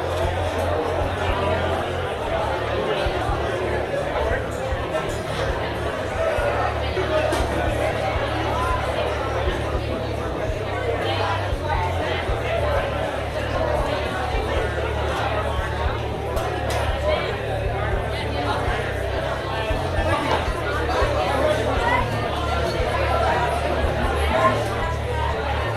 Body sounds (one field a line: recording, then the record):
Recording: background sound without coughing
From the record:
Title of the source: CITY SOUNDS Busy Bar in the Evening Night - 2 HOURS of Ambiance for Relaxation